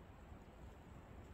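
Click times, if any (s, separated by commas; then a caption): none. The night latch on a set foothold coyote trap is being pushed down with a tool. Only a steady, low, wind-like rumble is heard, with no sharp sounds. Nothing has seated or clicked yet.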